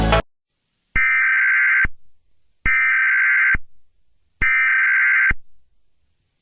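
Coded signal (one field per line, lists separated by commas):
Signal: Emergency Alert System (SAME) tones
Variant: header bursts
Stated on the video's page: Fictional EAS scenario; the alert is simulated.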